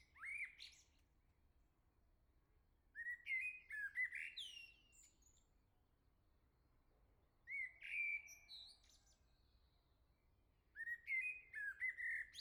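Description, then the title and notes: Common blackbird singing four warbled phrases, each a rich low whistle followed by scratchy high twitters, separated by quiet gaps of a few seconds. "Le Merle salue l'été, 3 Gd Rue de Chassagne, 17220 La Jarrie, France. Quel Sol!!!! pour saluer l'arrivée de l'été ce matin! Merci Jolie Merle de tes vocalises à proximité!"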